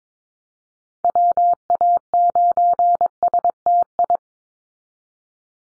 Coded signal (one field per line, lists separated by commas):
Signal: Morse code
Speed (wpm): 22 wpm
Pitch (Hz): 700 Hz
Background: none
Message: WA9STI